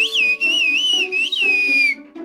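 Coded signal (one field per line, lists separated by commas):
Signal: whistled language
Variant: Turkish kuş dili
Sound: a thin high whistle gliding and wavering in pitch, with short breaks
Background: faint low hum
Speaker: Dilden çağırdığında biraz ince çıkar sesi.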